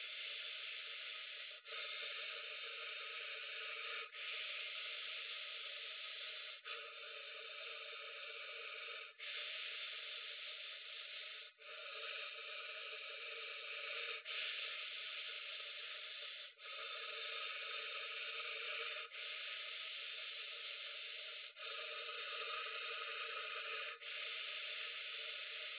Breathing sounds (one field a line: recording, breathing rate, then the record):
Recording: paced breathing near a phone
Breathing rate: 12 breaths a minute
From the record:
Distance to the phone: 20 cm